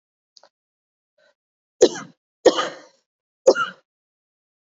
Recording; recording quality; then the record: heavy voluntary cough; excellent, no background noise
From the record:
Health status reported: COVID-19 positive, mild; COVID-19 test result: positive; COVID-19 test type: RT-PCR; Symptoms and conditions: cold, sore throat, muscle pain, hypertension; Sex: female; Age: 52 years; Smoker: no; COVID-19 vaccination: both doses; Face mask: not worn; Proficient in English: yes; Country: India